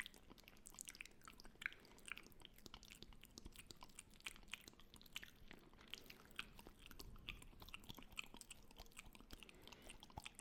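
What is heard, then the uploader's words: Wet mouth sounds fill the ten seconds: a constant stream of small clicks, smacks and sticky pops, like chewing and lip movement. The clicks come dense and irregular, bright and crisp over a soft low rumble, with a few sharper pops standing out. Mouth Sounds X 2.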